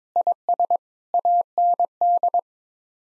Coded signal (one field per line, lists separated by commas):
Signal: Morse code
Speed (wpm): 22 wpm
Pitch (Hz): 700 Hz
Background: none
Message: IS AND